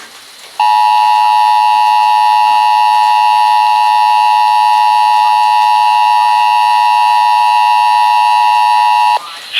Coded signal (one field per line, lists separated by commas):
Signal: Emergency Alert System (SAME) tones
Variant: 853 and 960 Hz attention tone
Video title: GLITCHY GLITCHY... EAS Alerts from 7/18/21 (EAS #5,929 - 5,934)